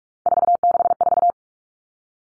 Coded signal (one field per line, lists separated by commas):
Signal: Morse code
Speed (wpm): 44 wpm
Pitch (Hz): 700 Hz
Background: none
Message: 464